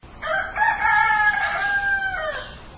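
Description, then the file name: Chicken crowing: a single rooster crow lasting about two seconds, with a few short choppy opening notes and then a long, drawn-out harmonic note that sags slightly at the end. "niwatori"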